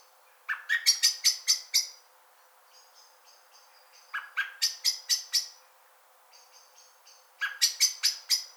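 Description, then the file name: Common blackbird calls: three bursts of sharp, clicking chink notes, each a rapid run of five to eight, with faint thin high whistles between bursts. "Turdus merula"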